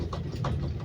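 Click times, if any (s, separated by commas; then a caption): none. Someone works the brake lever of a wheelchair's wheel lock while demonstrating a patient transfer, producing two short knocks at about 0.1 s and 0.5 s over a steady low rumble. The lock never catches: nothing has seated or clicked, and one side of the wheelchair stays unlocked.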